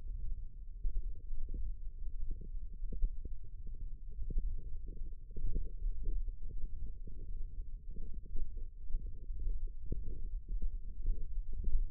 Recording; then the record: forearm muscle sounds (acoustic myography)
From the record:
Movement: ulnar deviation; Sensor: system 1, eight BSWA MPA416 microphones around the upper forearm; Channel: 6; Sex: female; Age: 21 years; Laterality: right